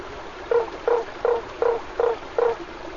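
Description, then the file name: Lund's tree frog giving a run of six brief, throaty notes spaced evenly around a third of a second apart, with soft background hiss throughout. "Boana lundii"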